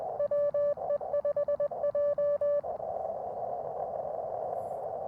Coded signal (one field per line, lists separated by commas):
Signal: Morse code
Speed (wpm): 21 wpm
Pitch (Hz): 590 Hz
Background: none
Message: WE5J